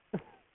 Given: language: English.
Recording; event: throat vibration sensor signal played as sound; cough